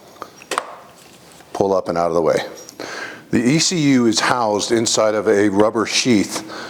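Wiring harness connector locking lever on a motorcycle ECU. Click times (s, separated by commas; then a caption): 0.5 s, 0.6 s. The locking lever on the left wiring harness connector of a motorcycle ECU is pushed fully forward and clicks open at about 0.5 and 0.6 s, releasing the plug so it can be lifted off. Someone then talks.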